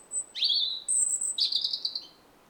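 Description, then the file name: European robin singing sweet, high, thin notes: a sliding whistle, a piercing sustained tone, then a rattling trill that fades away. "Erithacus rubecula"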